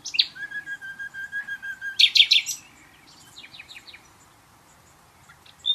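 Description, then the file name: Common nightingale song opening with a series of soft repeated whistles, followed by a loud rattling burst and a run of rapid descending notes. "Luscinia megarhynchos"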